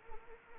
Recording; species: mosquito wingbeat signal from an infrared sensor; Anopheles arabiensis